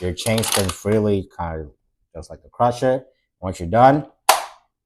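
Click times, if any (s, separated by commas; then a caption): 4.3 s. Someone talks while the red chain-lock button on the right-hand side of an X-Shot Insanity Horrorfire Dread Hammer toy dart blaster is pushed back into the blaster body after the plastic dart chain was freed to spin for reloading. A single sharp click is heard at 4.3 s as the button seats and locks the chain in place.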